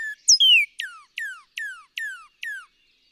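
Northern cardinal song: a short high note and a bright slurred whistle, then five clear down-slurred whistled notes repeated about every 0.4 seconds, each falling in pitch.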